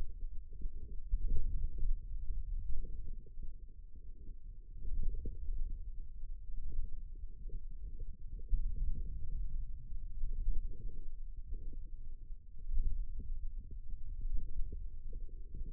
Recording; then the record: forearm muscle sounds (acoustic myography)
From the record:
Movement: pen grasping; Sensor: system 2, bracelet of six BSWA MPA416 microphones around the upper forearm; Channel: 4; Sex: male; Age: 22 years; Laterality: right